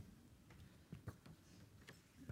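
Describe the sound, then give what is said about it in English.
An alarm clock ticking, a series of sharp, dry clicks repeating at a fairly steady pace over a low background hum, with no one speaking. “It's a bit loud. Modern technology. My alarm clock.”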